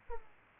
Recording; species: mosquito wingbeat signal from an infrared sensor; Aedes aegypti